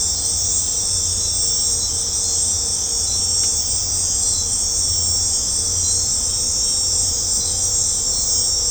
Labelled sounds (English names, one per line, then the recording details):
none
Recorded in secondary vegetation near Puerto Asís, Putumayo, Colombia, on 18 December 2024 at 19:00
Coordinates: 0.502, -76.326
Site G028